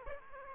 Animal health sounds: mosquito wingbeat signal from an infrared sensor; Aedes aegypti

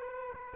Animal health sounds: mosquito wingbeat signal from an infrared sensor; Aedes aegypti

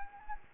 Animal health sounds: mosquito wingbeat signal from an infrared sensor; Anopheles arabiensis

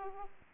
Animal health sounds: mosquito wingbeat signal from an infrared sensor; Aedes aegypti

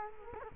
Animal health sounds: mosquito wingbeat signal from an infrared sensor; Culex quinquefasciatus

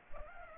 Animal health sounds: mosquito wingbeat signal from an infrared sensor; Aedes aegypti

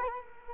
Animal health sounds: mosquito wingbeat signal from an infrared sensor; Culex quinquefasciatus

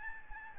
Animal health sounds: mosquito wingbeat signal from an infrared sensor; Aedes albopictus

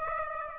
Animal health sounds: mosquito wingbeat signal from an infrared sensor; Aedes aegypti

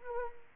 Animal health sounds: mosquito wingbeat signal from an infrared sensor; Anopheles arabiensis

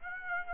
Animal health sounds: mosquito wingbeat signal from an infrared sensor; Aedes aegypti

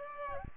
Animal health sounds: mosquito wingbeat signal from an infrared sensor; Aedes aegypti

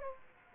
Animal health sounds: mosquito wingbeat signal from an infrared sensor; Aedes aegypti

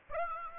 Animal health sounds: mosquito wingbeat signal from an infrared sensor; Aedes aegypti

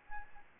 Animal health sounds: mosquito wingbeat signal from an infrared sensor; Aedes albopictus

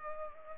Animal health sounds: mosquito wingbeat signal from an infrared sensor; Culex pipiens

